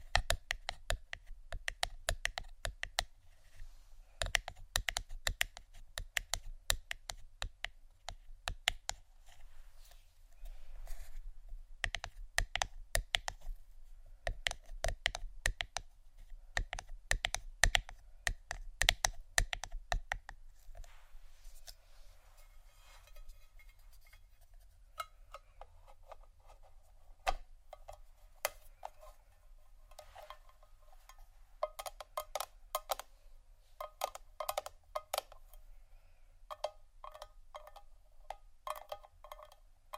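Tapping on wood, ceramic and other objects, rapid dense clusters of crisp clicks, shifting after twenty seconds to brighter, ringing taps, under a low hum.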